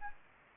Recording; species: mosquito wingbeat signal from an infrared sensor; Anopheles gambiae